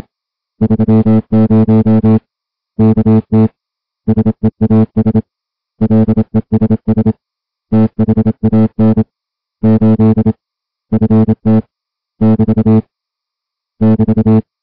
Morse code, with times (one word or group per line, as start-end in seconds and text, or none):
0.6-2.2 30
2.8-3.5 KT
4.1-5.2 SEAS
5.8-7.1 LESS
7.7-9.0 THAN
9.6-10.3 8
10.9-11.6 FT
12.2-12.8 <BT>
13.8-14.4 <BT>